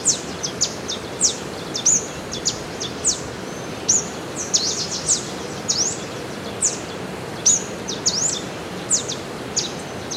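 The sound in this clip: Rusty-browed warbling finch gives a run of thin, high chips and quick down-slurred notes, irregularly spaced, against a low rumbling hiss.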